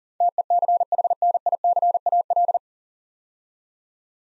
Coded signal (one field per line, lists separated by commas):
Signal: Morse code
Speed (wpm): 40 wpm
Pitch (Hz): 700 Hz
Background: none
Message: TECHNICAL